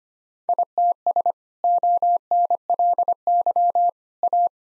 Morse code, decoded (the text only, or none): ITS ONLY A